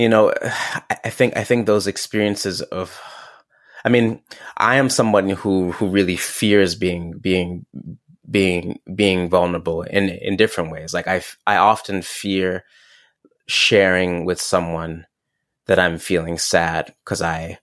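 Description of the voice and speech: A low-pitched adult man speaks in halting phrases. He repeats whole words ("I think, I think" and "being" four times), repeats syllables, and stretches sounds, with silent gaps breaking the flow. This is developmental stuttering, an inherited genetic trait, with repetitions, prolongations and blocks.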